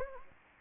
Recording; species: mosquito wingbeat signal from an infrared sensor; Anopheles gambiae